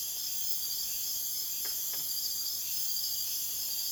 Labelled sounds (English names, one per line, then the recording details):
none
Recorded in dense forest near Puerto Asís, Putumayo, Colombia, on 23 June 2025 at 02:00
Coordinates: 0.484, -76.325
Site H65